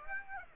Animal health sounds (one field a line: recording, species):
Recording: mosquito wingbeat signal from an infrared sensor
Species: Aedes aegypti